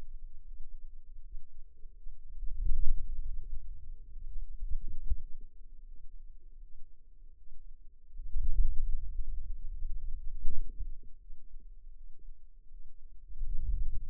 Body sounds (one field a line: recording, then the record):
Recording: forearm muscle sounds (acoustic myography)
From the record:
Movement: wrist extension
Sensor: system 2, bracelet of six BSWA MPA416 microphones around the upper forearm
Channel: 6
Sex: female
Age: 23 years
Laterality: right